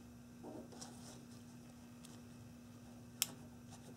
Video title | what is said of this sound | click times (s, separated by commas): How To Depin An Automotive Connector | hear that click means it's in there | 3.2 s